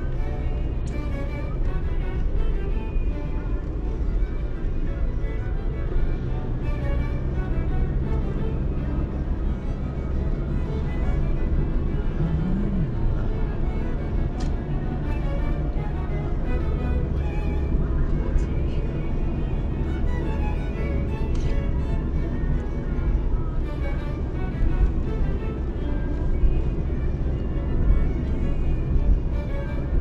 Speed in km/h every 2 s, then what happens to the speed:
49, 46, 43, 49, 52, 53, 56, 57, 56, 55, 53, 49, 49, 50, 51.
0-5 steady at about 46. 5-13 speeds up to 57. 13-19 steady at about 56. 19-22 slows to 49. 22-30 steady at about 49.